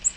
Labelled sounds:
Yellow-rumped Warbler (Setophaga coronata) flight call

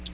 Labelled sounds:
Black-throated Blue Warbler (Setophaga caerulescens) flight call

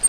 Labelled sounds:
Grace's Warbler (Setophaga graciae) flight call

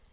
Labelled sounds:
Lucy's Warbler (Leiothlypis luciae) flight call

